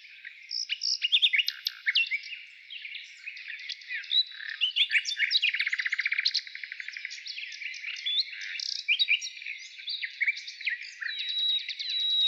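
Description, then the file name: Nightingale song, a busy mix of chirps, slurred whistles and a fast rattling trill in the middle. Heard in the morning. "Utro i solovey"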